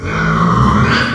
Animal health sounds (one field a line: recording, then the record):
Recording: squeal of a Yucatan mini pig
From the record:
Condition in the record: after surgery on the right vocal fold (resection and tissue-engineered implant)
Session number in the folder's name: 15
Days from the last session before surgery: 175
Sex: female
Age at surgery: 19 weeks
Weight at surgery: 25 kg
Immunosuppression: prednisolone